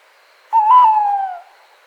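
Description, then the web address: Tawny owl giving a single hoot of just under a second that rises slightly, then slides gently down, with nothing else audible. "strix aluco call"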